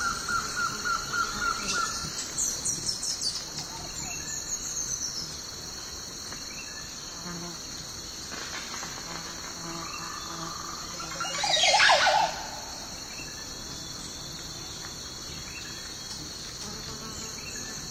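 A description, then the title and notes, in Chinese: A morning forest with a steady high insect drone running throughout. Birds call intermittently: a rapid chirping trill in the first two seconds, scattered calls after, and a louder, harsh call around twelve seconds. Low rustling murmur sits underneath. 晨起森林太阳升起。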